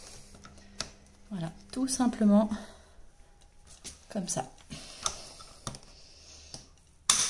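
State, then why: Seated. Someone talks while fitting a wheeled ride-on board's attachment onto a stroller frame and pushing it home, with a few small handling knocks along the way. A sharp, loud click lands at 7.1 s as the board clips on and seats, no longer moving.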